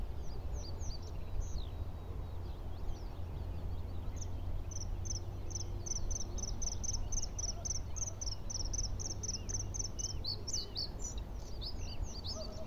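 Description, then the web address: Bluethroat song, a fast series of repeated high ringing notes and twittering phrases, with a constant low rumbling hum underneath. "ptaki podrozniczek podrozniczek"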